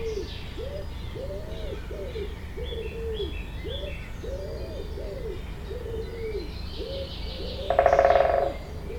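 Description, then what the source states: Woodpecker drumming, one short rapid roll near the end, after a long run of repeated low cooing from doves and light twittering birds in the background. Binaural recording.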